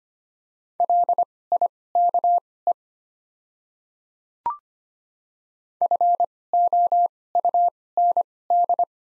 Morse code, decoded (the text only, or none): LIKE FOUND